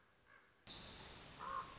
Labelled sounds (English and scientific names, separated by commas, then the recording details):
Common Raven (Corvus corax)
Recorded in Sonoma County, California